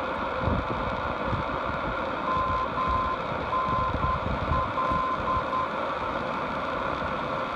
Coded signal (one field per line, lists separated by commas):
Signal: Morse code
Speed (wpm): 10 wpm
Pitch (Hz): 1040 Hz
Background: none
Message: MNL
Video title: Alaska NDB DX'ing MNL 524 Khz. from Whittier, Alaska